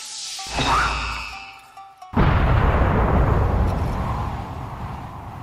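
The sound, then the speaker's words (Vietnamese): A deep whooshing swell builds, then a sudden loud blast erupts at about two seconds, followed by a long, roaring, rumbling decay with no speech. “Tiếng nổ lớn vang vọng khắp thiên địa, bốn phía nước biển cuộn trào, bùn đất ở bên bờ vỡ vụn.”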